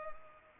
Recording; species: mosquito wingbeat signal from an infrared sensor; Culex pipiens